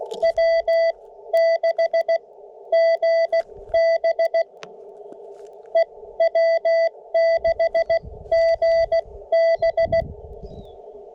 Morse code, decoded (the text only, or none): W6GB EW6GB